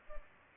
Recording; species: mosquito wingbeat signal from an infrared sensor; Culex pipiens